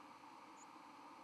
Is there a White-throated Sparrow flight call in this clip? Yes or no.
no